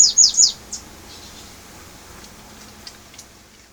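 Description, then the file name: Yellow warbler song: three quick, high, sweet slurred notes in rapid succession, one softer note after them, then near quiet with a few faint high chips. Recorded at Bubali Plas, Aruba, on 29 May 2012. "Dendroica-petechia-Bubali Plas-Aruba-29-5-12-ASilveira"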